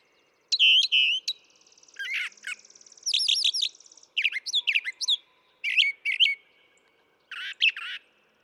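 Brown thrasher song, varied phrases often given twice, with a long buzzy trill beneath sweeping whistled notes and harsh chips.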